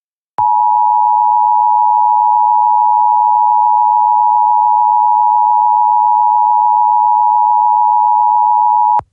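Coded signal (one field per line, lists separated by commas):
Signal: Emergency Alert System (SAME) tones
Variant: 853 and 960 Hz attention tone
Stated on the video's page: Weekly test tones, using WJON products credited to another creator.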